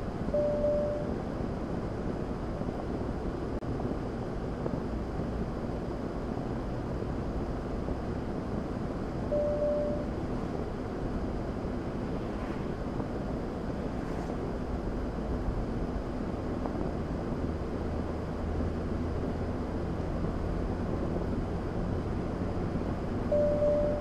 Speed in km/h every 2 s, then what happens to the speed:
48, 44, 44, 50, 52, 48, 50, 56, 60, 61, 64, 66.
2-7 speeds up to 52. 11-24 speeds up to 66.